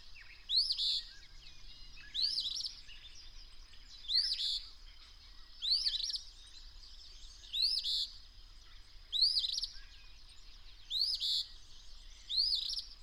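Bird repeating a bright upslurred whistle with a short buzzy trill several times, with a steady high-pitched hum behind.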